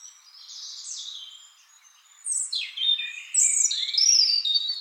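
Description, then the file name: European robin singing thin, high warbling phrases, a soft opening phrase followed after a pause by brighter, tumbling notes. "Erithacus rubecula"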